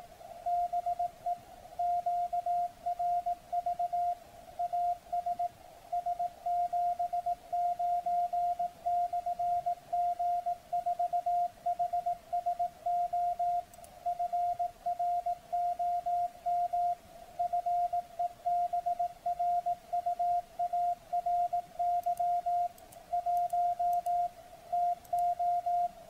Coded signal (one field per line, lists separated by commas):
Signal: Morse code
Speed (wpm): 18 wpm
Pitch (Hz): 700 Hz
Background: radio noise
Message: BE QRV AS S79/G4HSO FROM FEBRUARY 1 TO